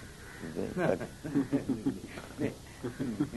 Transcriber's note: laughter